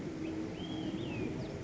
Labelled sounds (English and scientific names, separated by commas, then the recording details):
Olive-sided Flycatcher (Contopus cooperi)
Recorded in Sonoma County, California